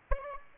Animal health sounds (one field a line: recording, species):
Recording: mosquito wingbeat signal from an infrared sensor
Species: Aedes aegypti